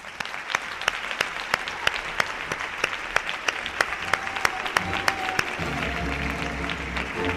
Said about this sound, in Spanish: En el papel de psiquiatra, por favor, un fuerte aplauso